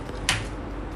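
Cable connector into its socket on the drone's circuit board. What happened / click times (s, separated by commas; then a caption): The cable connector snapped back into its socket / 0.3 s. A flex cable connector that had backed out of its socket on the circuit board of a DJI Phantom 4 Pro RTK drone is pushed back into place by hand. After a faint tick near 0.1 s, a sharp, bright click at 0.3 s marks the connector seating back in its socket.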